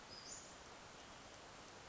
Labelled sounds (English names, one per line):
Western Flycatcher